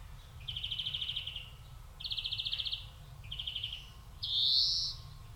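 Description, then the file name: European greenfinch repeating fast, even trills three times, each up to about a second long, ending with a loud nasal wheezing note. "Chloris chloris"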